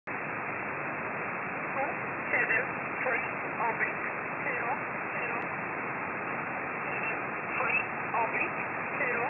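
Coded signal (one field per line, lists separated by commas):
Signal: numbers station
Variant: E11 Oblique, English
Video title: 17 02 2022 Number station E11 Oblique in English to Eu 0930 on 7469 unknown tx site in USB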